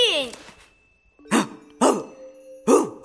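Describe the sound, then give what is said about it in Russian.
A person imitates a dog, giving three short, loud, barking yelps spaced about half a second apart, each with a harsh, falling pitch, after a brief voiced sound at the start. “Что это за собака такая? Совсем не похожа на собак Маркуси!”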